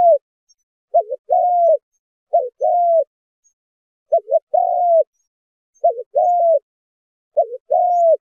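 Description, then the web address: Spotted dove calling: a quick broken double note followed by a longer sustained coo, repeated about every one and a half seconds against silence. Spotted dove calling to its flock in the song style called 'giọng chuông thổ đồng'. "Tieng chim Cu gay giong chuong tho dong. tieng chim cu gay giong tho chuong dong goi bay"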